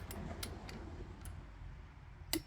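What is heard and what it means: A click-type torque wrench tightens the last lug nut of the pass on a wheel of a Subaru with directional tires during a tire rotation, with a few faint ticks at 0.1, 0.4, 0.7 and 1.3 seconds over a low rumble. A sharp, loud click at 2.3 seconds shows the wrench reaching its setting of 92, confirming the torque, with a second pass still to come.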